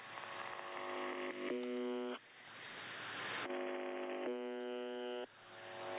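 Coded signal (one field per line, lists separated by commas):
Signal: channel marker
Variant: UVB-76 (The Buzzer)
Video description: no clue what is happening to the Buzzer this year.. it got some parasite on the carrier wave and now its even stopping transmitting the buzzer but the parasitic audio on it remains hearable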